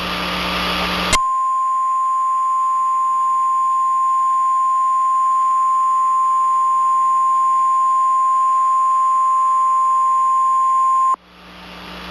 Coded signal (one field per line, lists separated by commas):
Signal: Emergency Alert System (SAME) tones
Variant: 1050 Hz attention tone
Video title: OH NO IS EAS EMERGENCY TORNADO!!!!!!!!!!! @Zonemovie-n4e